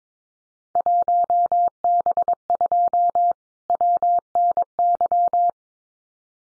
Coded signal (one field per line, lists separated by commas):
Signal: Morse code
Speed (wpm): 22 wpm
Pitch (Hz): 700 Hz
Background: none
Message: 1B2 WNY